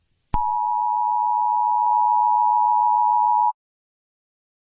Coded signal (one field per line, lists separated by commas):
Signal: Emergency Alert System (SAME) tones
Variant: 853 and 960 Hz attention tone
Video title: Eas Scenario - Asteroid Titan